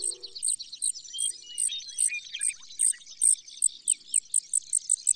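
Brewer's sparrow song, soft high buzzy trilling beneath a louder series of high chip notes that speeds up toward the end.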